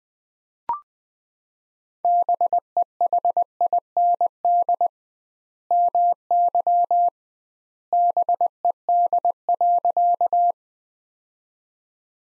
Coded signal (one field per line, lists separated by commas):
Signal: Morse code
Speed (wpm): 20 wpm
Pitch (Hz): 700 Hz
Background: none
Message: BEHIND MY BED.